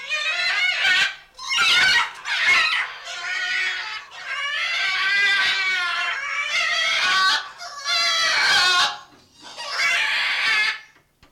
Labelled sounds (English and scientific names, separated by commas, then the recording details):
Red-and-green Macaw (Ara chloropterus) call
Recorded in captivity
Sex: pair
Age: adult
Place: Zoo Magdeburg, Sachsen-Anhalt, DE
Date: 1989-05-12 11:55
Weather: overcast, intermittent rain, 12°C
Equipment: Sony WM-D6C, Kopie 19 cm
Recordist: Tembrock, Günter